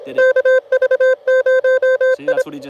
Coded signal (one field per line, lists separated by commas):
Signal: Morse code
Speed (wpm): 25 wpm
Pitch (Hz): 500 Hz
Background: speech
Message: KV0I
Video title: Fort Deseret Utah POTA